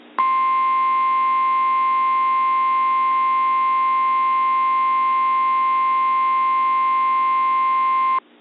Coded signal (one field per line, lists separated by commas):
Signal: Emergency Alert System (SAME) tones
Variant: 1050 Hz attention tone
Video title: EAS Mock: Scary Chicken Nugget Alert